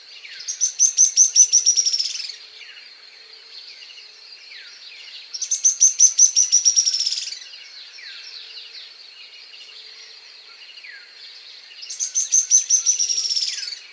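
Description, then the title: Grey-headed spinetail giving high, thin trilled calls that descend slightly, in three bursts about five to six seconds apart, with softer scratchy notes between them. Nominate subspecies semicinerea. "LuckyPassaro Completos2Sama. Grey-headed Spinetail (Cranioleuca semicinerea semicinerea)"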